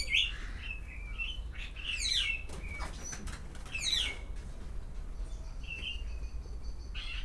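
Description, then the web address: Grey parrot calls: whistles and harsh squawks in irregular bursts, with wing flapping and a steady low hum throughout. Grey parrot at Szeged Zoo, recorded 2011. "szegedizoo 2011 jakopapagaj jako"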